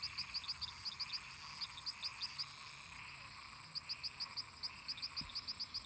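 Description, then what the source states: Frogs and toads: frog chorus with bursts of high clicks, a quiet gap in the middle, then more clicks, over a constant droning background. Many toads and frogs calling in a marsh.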